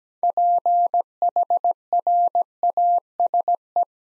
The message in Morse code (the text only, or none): PHRASE